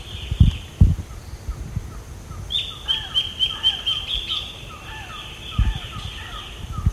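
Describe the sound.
Bird calls: a quick run of high, thin whistled notes mixed with repeated short downslurred chirps, with low thumps and knocks in the background.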